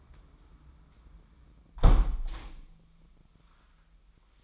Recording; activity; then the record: daily activity, microphone in the room; close window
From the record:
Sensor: 1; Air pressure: 998.6 hPa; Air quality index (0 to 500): 139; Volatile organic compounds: 4 ppm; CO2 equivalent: 1671 ppm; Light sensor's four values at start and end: 11/27/11/13 and 11/26/11/13